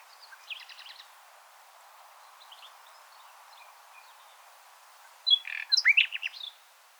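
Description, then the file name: Common nightingale giving faint, scattered notes, followed near the end by one loud burst of quick, repeated whistled and chirping notes. "Luscinia megarhynchos"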